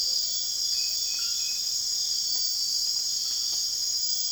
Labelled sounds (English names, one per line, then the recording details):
none
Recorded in secondary vegetation near Puerto Asís, Putumayo, Colombia, on 30 June 2025 at 23:00
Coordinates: 0.485, -76.322
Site GP06